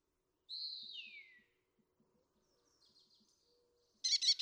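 Red-tailed hawk scream: a single hoarse, downslurred note falling over about a second, then after a quiet pause a short burst of rapid high pulsed notes from another source.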